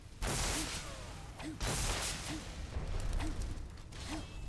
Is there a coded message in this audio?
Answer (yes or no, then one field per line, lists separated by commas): no